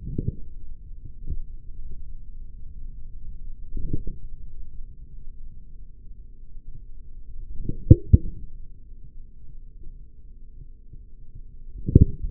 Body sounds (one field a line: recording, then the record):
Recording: forearm muscle sounds (acoustic myography)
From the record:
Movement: forearm supination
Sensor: system 3, bracelet of six PUI Audio POM-2738L microphones around the upper forearm, with dedicated amplification and filtering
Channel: 3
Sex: male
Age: 43 years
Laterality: right